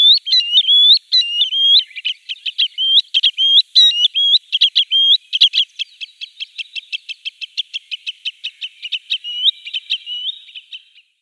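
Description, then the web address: Green sandpiper display call, rising whistled notes in rhythmic sequence, shifting midway into a fast, even trill of short clipped notes that fades. "Schulze Peter Green Sandpiper display"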